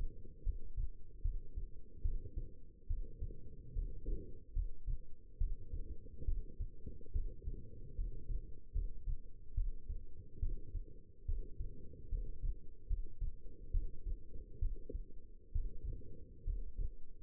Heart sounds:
heart sounds by stethoscope; 71 bpm
0.43 s: heartbeat
1.22 s: heartbeat
2.02 s: heartbeat
2.87 s: heartbeat
3.73 s: heartbeat
4.53 s: heartbeat
5.38 s: heartbeat
6.25 s: heartbeat
7.12 s: heartbeat
7.95 s: heartbeat
8.72 s: heartbeat
9.54 s: heartbeat
10.39 s: heartbeat
11.25 s: heartbeat
12.09 s: heartbeat
12.87 s: heartbeat
13.71 s: heartbeat
14.59 s: heartbeat
15.52 s: heartbeat
16.44 s: heartbeat
From the record:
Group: healthy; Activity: rest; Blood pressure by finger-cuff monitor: 142/87 mmHg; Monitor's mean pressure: 103 mmHg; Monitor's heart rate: 71 bpm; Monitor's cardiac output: 6.1 L/min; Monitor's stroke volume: 86 mL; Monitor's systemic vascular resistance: 1250 dyn s/cm5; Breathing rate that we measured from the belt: 14 breaths a minute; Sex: female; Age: 22 years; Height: 171 cm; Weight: 65.6 kg

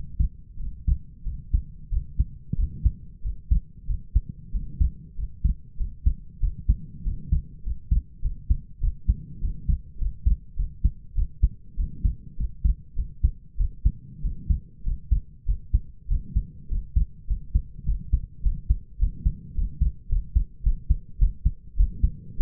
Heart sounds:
heart sounds by stethoscope; 99 bpm
0.58 s: heartbeat
1.24 s: heartbeat
1.90 s: heartbeat
2.56 s: heartbeat
3.22 s: heartbeat
3.86 s: heartbeat
4.52 s: heartbeat
5.16 s: heartbeat
5.77 s: heartbeat
6.40 s: heartbeat
7.03 s: heartbeat
7.63 s: heartbeat
8.22 s: heartbeat
8.80 s: heartbeat
9.40 s: heartbeat
9.98 s: heartbeat
10.56 s: heartbeat
11.15 s: heartbeat
11.76 s: heartbeat
12.37 s: heartbeat
12.95 s: heartbeat
13.57 s: heartbeat
14.22 s: heartbeat
14.83 s: heartbeat
15.45 s: heartbeat
16.08 s: heartbeat
16.68 s: heartbeat
17.27 s: heartbeat
17.85 s: heartbeat
18.42 s: heartbeat
18.98 s: heartbeat
19.54 s: heartbeat
20.08 s: heartbeat
20.63 s: heartbeat
21.18 s: heartbeat
21.76 s: heartbeat
22.37 s: heartbeat
From the record:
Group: healthy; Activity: rest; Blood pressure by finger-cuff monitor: 109/68 mmHg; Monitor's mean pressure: 79 mmHg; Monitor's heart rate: 98 bpm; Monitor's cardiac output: 6.8 L/min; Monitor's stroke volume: 70 mL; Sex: male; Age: 22 years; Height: 181 cm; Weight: 60 kg

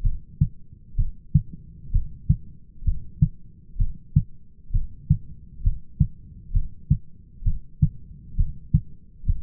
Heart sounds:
heart sounds by stethoscope; 65 bpm
0.04 s: heartbeat
0.98 s: heartbeat
1.94 s: heartbeat
2.86 s: heartbeat
3.80 s: heartbeat
4.74 s: heartbeat
5.65 s: heartbeat
6.54 s: heartbeat
7.46 s: heartbeat
8.38 s: heartbeat
9.27 s: heartbeat
From the record:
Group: heart failure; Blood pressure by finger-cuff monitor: 134/93 mmHg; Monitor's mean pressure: 108 mmHg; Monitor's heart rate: 65 bpm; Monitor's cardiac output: 6.2 L/min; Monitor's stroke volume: 95 mL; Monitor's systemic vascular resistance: 1300 dyn s/cm5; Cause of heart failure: idiopathic cardiomyopathy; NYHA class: 1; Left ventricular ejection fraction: 50%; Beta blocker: bisoprolol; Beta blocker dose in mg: 5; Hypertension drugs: candesartan, spironolactone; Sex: male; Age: 54 years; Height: 180 cm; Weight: 94.6 kg

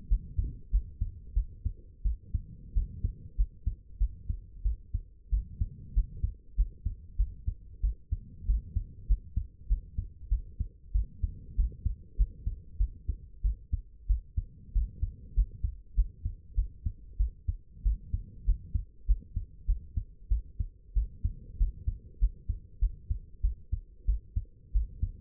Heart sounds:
heart sounds by stethoscope; 95 bpm
0.09 s: heartbeat
0.71 s: heartbeat
1.34 s: heartbeat
2.03 s: heartbeat
2.74 s: heartbeat
3.36 s: heartbeat
3.99 s: heartbeat
4.63 s: heartbeat
5.31 s: heartbeat
5.94 s: heartbeat
6.56 s: heartbeat
7.17 s: heartbeat
7.82 s: heartbeat
8.46 s: heartbeat
9.07 s: heartbeat
9.68 s: heartbeat
10.29 s: heartbeat
10.93 s: heartbeat
11.56 s: heartbeat
12.17 s: heartbeat
12.78 s: heartbeat
13.43 s: heartbeat
14.08 s: heartbeat
14.73 s: heartbeat
15.35 s: heartbeat
15.95 s: heartbeat
16.55 s: heartbeat
17.18 s: heartbeat
17.84 s: heartbeat
18.45 s: heartbeat
19.06 s: heartbeat
19.66 s: heartbeat
20.29 s: heartbeat
20.94 s: heartbeat
21.58 s: heartbeat
22.19 s: heartbeat
22.80 s: heartbeat
23.42 s: heartbeat
24.06 s: heartbeat
24.73 s: heartbeat
From the record:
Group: healthy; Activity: rest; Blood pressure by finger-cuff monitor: 89/58 mmHg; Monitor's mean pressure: 71 mmHg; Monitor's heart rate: 96 bpm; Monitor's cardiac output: 8.2 L/min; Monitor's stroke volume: 85 mL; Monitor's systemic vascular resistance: 620 dyn s/cm5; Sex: female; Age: 22 years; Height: 161 cm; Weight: 65.5 kg

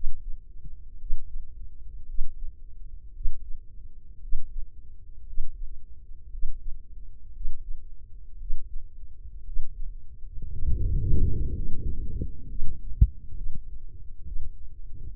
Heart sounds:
heart sounds by microphone in the left ear; 59 bpm
0.97 s: heartbeat
2.05 s: heartbeat
3.12 s: heartbeat
4.19 s: heartbeat
5.25 s: heartbeat
6.29 s: heartbeat
7.32 s: heartbeat
8.37 s: heartbeat
9.43 s: heartbeat
10.48 s: heartbeat
11.51 s: heartbeat
12.46 s: heartbeat
13.33 s: heartbeat
14.23 s: heartbeat
From the record:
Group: healthy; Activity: Valsalva maneuver 0-8 s, rest 8-15 s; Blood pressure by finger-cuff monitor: 108/73 mmHg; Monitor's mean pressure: 81 mmHg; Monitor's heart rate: 57 bpm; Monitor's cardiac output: 4.3 L/min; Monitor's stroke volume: 75 mL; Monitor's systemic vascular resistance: 1390 dyn s/cm5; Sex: female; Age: 23 years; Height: 160 cm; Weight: 50.4 kg

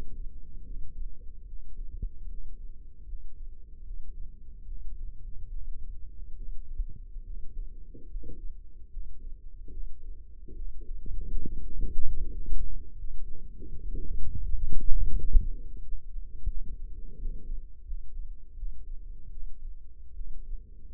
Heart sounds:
heart sounds by microphone in the left ear; 77 bpm
0.63 s: heartbeat
1.46 s: heartbeat
2.27 s: heartbeat
3.05 s: heartbeat
3.83 s: heartbeat
4.65 s: heartbeat
5.49 s: heartbeat
6.35 s: heartbeat
7.24 s: heartbeat
8.07 s: heartbeat
8.89 s: heartbeat
9.70 s: heartbeat
10.55 s: heartbeat
11.37 s: heartbeat
12.17 s: heartbeat
12.92 s: heartbeat
13.67 s: heartbeat
14.41 s: heartbeat
15.13 s: heartbeat
15.81 s: heartbeat
16.48 s: heartbeat
17.16 s: heartbeat
17.84 s: heartbeat
18.55 s: heartbeat
19.30 s: heartbeat
20.14 s: heartbeat
From the record:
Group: healthy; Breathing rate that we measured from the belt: 12 breaths a minute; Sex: male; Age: 35 years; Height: 178 cm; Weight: 64 kg

